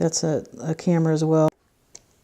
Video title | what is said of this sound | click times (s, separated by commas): LG 5G Touch Screen Digitizer Frame Replacement Repair | make sure it's in it's locked in this little slot | 2.0 s